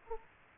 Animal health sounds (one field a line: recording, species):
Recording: mosquito wingbeat signal from an infrared sensor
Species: Culex quinquefasciatus